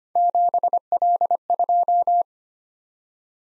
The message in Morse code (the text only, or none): 7L2